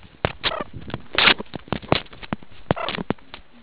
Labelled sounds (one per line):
meerkat close call